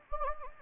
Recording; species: mosquito wingbeat signal from an infrared sensor; Anopheles gambiae